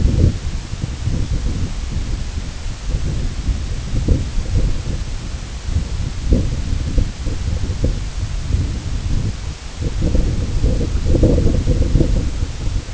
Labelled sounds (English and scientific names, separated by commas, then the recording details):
none
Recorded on Arctic tundra, site IGLO-A, on 16 June 2018
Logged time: 13:59